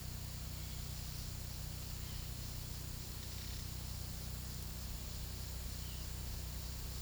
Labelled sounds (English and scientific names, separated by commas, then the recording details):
none
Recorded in pastures near Puerto Asís, Putumayo, Colombia, on 19 February 2024 at 13:00
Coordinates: 0.486, -76.323
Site G6462